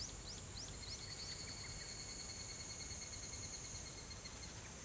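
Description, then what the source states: Higurashi cicada: a high ringing trill runs steadily, with several quick falling chirps in the first second and a half. Song referred to as kanakana.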